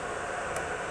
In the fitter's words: let's plug it in until you hear the click sound